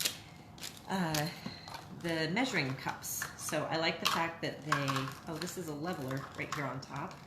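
Someone talks while handling a plastic measuring cup and the plastic leveler that snaps onto its top so it won't get lost, with a few light plastic clicks and taps mixed in. The clip ends before the leveler goes on, so nothing has seated yet.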